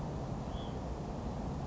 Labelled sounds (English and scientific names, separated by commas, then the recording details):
Hutton's Vireo (Vireo huttoni)
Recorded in Sonoma County, California